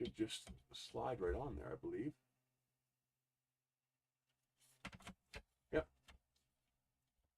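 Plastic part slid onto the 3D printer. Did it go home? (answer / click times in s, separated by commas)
yes / 4.9 s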